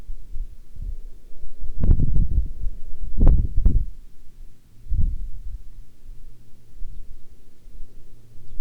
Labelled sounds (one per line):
songbird
wind